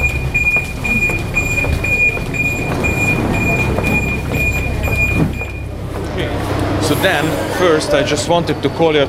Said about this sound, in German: Und deshalb steigen wir zuallererst in die U-Bahn, fahren an den Rand der Altstadt.